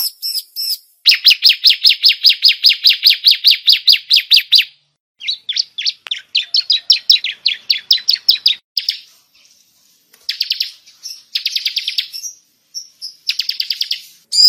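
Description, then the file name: Bar-winged prinia with a long, even, rapid buzzy trill, followed by shorter stuttering chip series and scattered high trilled bursts. Lure sound used to attract the bird. "suara pikat burung ciblek"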